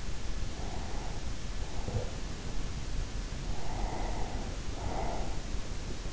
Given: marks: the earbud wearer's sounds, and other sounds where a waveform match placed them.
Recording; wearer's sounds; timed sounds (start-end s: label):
sounds in sleep by an in-ear microphone; breath
0.31-2.68 s: breath
3.25-5.88 s: breath